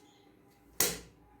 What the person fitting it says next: lock అయిపోయింది